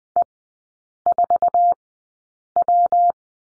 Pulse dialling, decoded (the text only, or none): none